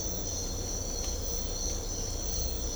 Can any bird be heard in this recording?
no